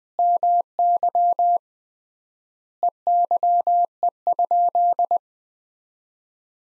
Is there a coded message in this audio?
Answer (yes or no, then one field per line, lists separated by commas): yes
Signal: Morse code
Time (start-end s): 0.2-5.2 s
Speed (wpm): 20 wpm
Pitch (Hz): 700 Hz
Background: none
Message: MY EYE?